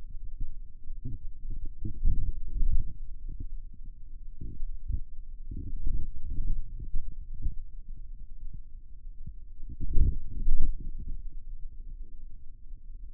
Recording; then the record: forearm muscle sounds (acoustic myography)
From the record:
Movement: radial deviation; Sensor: system 2, bracelet of six BSWA MPA416 microphones around the upper forearm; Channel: 4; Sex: male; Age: 22 years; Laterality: right